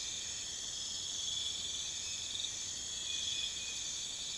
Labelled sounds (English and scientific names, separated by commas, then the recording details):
none
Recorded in pastures near Puerto Asís, Putumayo, Colombia, on 26 December 2024 at 03:30
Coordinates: 0.472, -76.329
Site G072